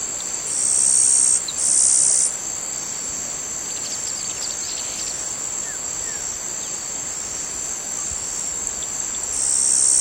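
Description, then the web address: Yellow-browed sparrow giving two high, thin buzzes in quick succession, then a third starting near the end, over a steady high insect drone. Eastern lowlands of South America. "Natures Songs S America Eastern Lowlands. Yellow-browed Sparrow"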